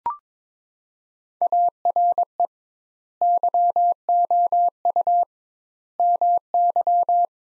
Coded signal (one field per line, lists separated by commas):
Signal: Morse code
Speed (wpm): 22 wpm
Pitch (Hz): 700 Hz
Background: none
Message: ARE YOU MY